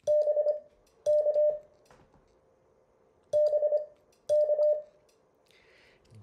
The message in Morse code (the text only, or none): BK BK